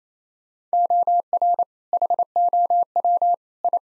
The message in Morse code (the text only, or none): OR HOW I